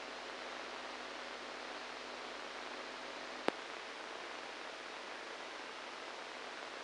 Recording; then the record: brain microelectrode recording played as sound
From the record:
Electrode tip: inside the subthalamic nucleus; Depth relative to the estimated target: -2 mm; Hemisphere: right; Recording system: NeuroSet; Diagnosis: Parkinson's disease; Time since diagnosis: 7 years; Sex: male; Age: 69 years